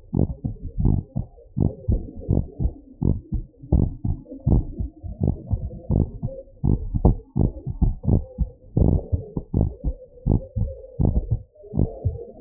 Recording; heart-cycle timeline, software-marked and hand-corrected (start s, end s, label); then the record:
heart sounds
0.00	0.14	diastole
0.14	0.23	S1
0.23	0.45	systole
0.45	0.51	S2
0.51	0.83	diastole
0.83	0.95	S1
0.95	1.13	systole
1.13	1.22	S2
1.22	1.58	diastole
1.58	1.66	S1
1.66	1.88	systole
1.88	1.97	S2
1.97	2.29	diastole
2.29	2.38	S1
2.38	2.59	systole
2.59	2.69	S2
2.69	3.02	diastole
3.02	3.14	S1
3.14	3.31	systole
3.31	3.39	S2
3.39	3.73	diastole
3.73	3.80	S1
3.80	4.04	systole
4.04	4.13	S2
4.13	4.46	diastole
4.46	4.57	S1
4.57	4.78	systole
4.78	4.87	S2
4.87	5.23	diastole
5.23	5.31	S1
5.31	5.51	systole
5.51	5.58	S2
5.58	5.89	diastole
5.89	6.00	S1
6.00	6.21	systole
6.21	6.29	S2
6.29	6.64	diastole
6.64	6.72	S1
6.72	6.93	systole
6.93	7.01	S2
7.01	7.37	diastole
7.37	7.47	S1
7.47	7.63	systole
7.63	7.73	S2
7.73	8.07	diastole
8.07	8.17	S1
8.17	8.35	systole
8.35	8.43	S2
8.43	8.78	diastole
8.78	8.92	S1
8.92	9.11	systole
9.11	9.22	S2
9.22	9.55	diastole
9.55	9.66	S1
9.66	9.80	systole
9.80	9.90	S2
9.90	10.24	diastole
10.24	10.37	S1
10.37	10.56	systole
10.56	10.70	S2
10.70	11.00	diastole
11.00	11.12	S1
11.12	11.27	systole
11.27	11.40	S2
11.40	11.74	diastole
11.74	11.85	S1
11.85	12.02	systole
12.02	12.13	S2
12.13	12.41	diastole
From the record:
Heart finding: normal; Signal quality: good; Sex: male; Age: 71 years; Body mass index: 28.9